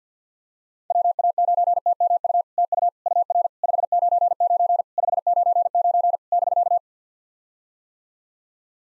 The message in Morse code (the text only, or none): WA9TMU TU UR 599 599 <BK>